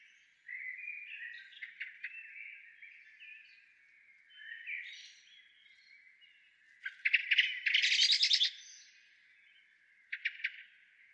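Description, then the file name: Common blackbird singing softly, warbled phrases with sharp clicking bursts and a loud chattering rattle near the end, then a brief clicking burst. "Turdus merula"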